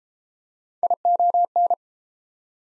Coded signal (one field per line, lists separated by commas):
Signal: Morse code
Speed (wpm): 31 wpm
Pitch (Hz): 700 Hz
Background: none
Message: ION